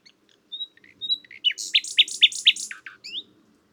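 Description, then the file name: Common nightingale phrase: short whistles lead into several loud, harsh chirps, then a final note, over faint background noise. "Luscinia megarhynchos"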